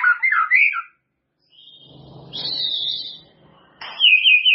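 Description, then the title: White-rumped shama song: rich warbled whistles, a pause with soft low rumbling, then a long high drawn-out whistle and a final loud rippling phrase. "murai batu"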